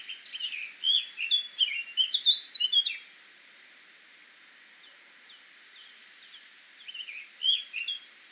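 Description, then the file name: Eurasian blackcap song: a fast, varied warble of short chirping notes for about three seconds, a quiet pause, then a brief second burst near the end. "Sylvia atricapilla"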